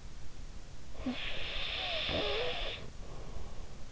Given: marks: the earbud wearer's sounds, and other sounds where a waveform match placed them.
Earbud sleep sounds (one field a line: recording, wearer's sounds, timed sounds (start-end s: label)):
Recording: sounds in sleep by an in-ear microphone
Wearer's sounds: snoring breath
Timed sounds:
0.81-3.39 s: snoring breath